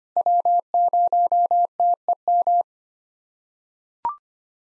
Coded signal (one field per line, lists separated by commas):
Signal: Morse code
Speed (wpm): 25 wpm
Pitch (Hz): 700 Hz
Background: none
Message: W0TEM